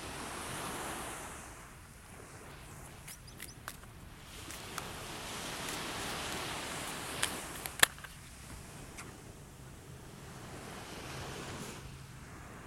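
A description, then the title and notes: A morning at the beach, with a steady hiss of surf that swells and eases in slow waves, loudest near the start and again around six seconds. Wind rushes underneath, and a handful of sharp clicks and taps cluster between three and eight seconds. An absolutely magical morning at the beach.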